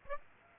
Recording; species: mosquito wingbeat signal from an infrared sensor; Aedes aegypti